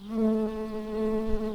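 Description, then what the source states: Early bumblebee buzzing with a steady, low droning hum full of overtones, holding an even pitch for under two seconds before cutting off. Worker bumblebees.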